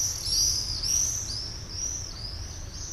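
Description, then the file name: Common swift screams: shrill, buzzy high-pitched trills in long, partly overlapping bursts, with a faint low rumble beneath. "Mauersegler"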